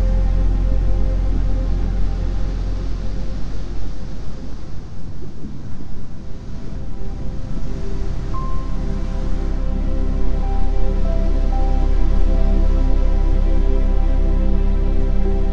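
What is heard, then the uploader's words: Soft piano and ocean waves form a steady, dense low wash, with a few sustained tones and brief high notes after eight seconds. Peaceful Piano Gentle Ocean, Calm Music with Gentle Ocean Sounds, Calm Piano Music and Ocean Waves.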